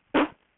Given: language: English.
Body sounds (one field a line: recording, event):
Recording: throat vibration sensor signal played as sound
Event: cough